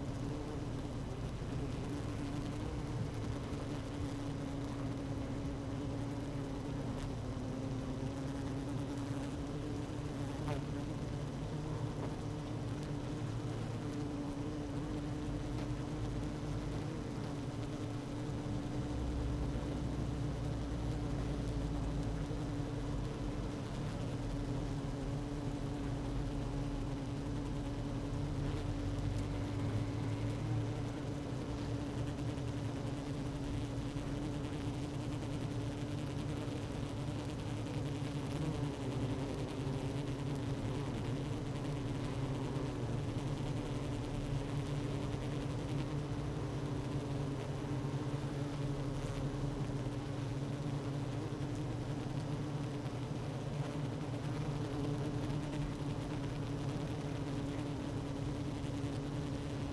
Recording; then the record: honeybee colony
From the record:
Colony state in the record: active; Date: 12 June 2018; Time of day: 16:08